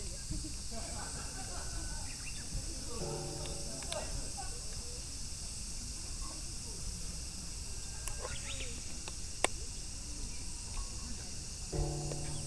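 Field recording from Kyoto, Japan: a steady hiss with low rumble, brief voices around three and twelve seconds, and a sharp click near nine seconds.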